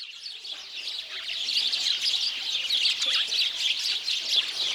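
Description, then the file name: House sparrow chirps, a dense, continuous chatter of many bright overlapping notes with no pauses, growing slightly louder after the first second. "Passer domesticus"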